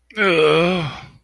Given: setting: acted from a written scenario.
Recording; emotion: vocal sound without words; shame